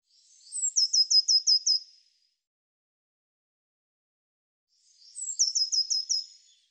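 Bird song: a pair of high trilled phrases, each about six crisp falling notes, the second repeating the first after a three-second gap.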